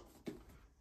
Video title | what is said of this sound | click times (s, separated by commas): New Starlink Accessories - Gen 3 Router and Power Supply Wall Mounts | you heard that nice solid feedback of that snap so now it's it's | 0.3 s